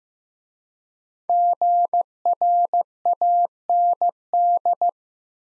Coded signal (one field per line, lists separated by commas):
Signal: Morse code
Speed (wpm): 15 wpm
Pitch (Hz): 700 Hz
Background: none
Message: GRAND